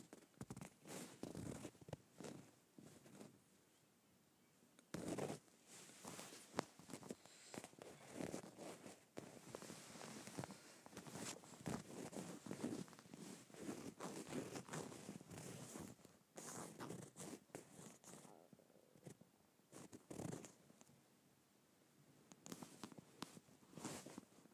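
Leather being scratched, heard as rapid, irregular scraping strokes that crackle and rasp across a bright, dry range. The strokes come in dense bursts, busiest from about five to sixteen seconds, with quieter pauses near the start, around nineteen seconds, and toward the end.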